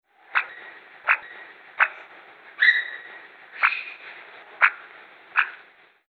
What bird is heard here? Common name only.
Grey Peacock-Pheasant